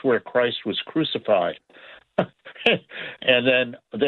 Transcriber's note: laughs